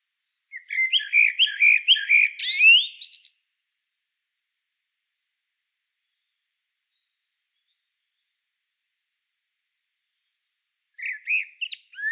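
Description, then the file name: Common blackbird song: a phrase of repeated mellow fluted notes rising into high squeaky twitters, then a long silence before another phrase begins. "Turdus merula"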